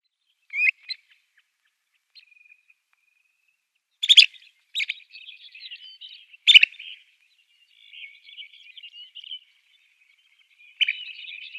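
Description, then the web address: Long-billed dowitcher giving sharp high calls, single and in short bursts, with softer chattering notes trailing between them. "Schulze Peter Long-billed Dowitcher"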